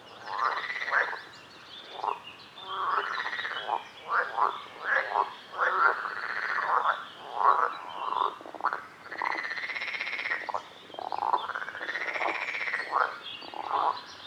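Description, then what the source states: Frogs croaking in a dense run of rasping croaks and longer arched calls, nearly continuous with only short pauses. Frogs calling at a lake.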